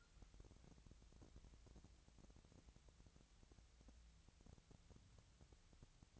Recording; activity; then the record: daily activity, microphone in the room; wipe stove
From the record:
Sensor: 3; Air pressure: 1001.6 hPa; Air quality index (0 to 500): 223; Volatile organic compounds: 30 ppm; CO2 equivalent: 2966 ppm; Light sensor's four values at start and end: 11/33/14/12 and 11/33/14/12